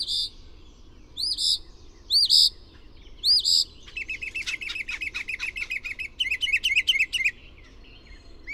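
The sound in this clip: Bird song opening with a few loud, arched whistled notes, followed by a long, rapid series of buzzy chirps and trills.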